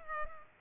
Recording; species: mosquito wingbeat signal from an infrared sensor; Culex pipiens